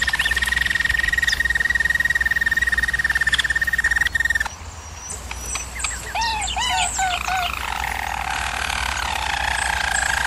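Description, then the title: German Roller canary song: a steady rolling trill for about four seconds, a short pause, then looping whistled notes and a lower buzzy roll, over a faint steady low hum. German Roller canary singing, for canary training. "German Roller Canary Singing - Canary Training Vid"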